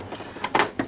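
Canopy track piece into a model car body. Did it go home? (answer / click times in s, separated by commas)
yes / 0.4 s, 0.8 s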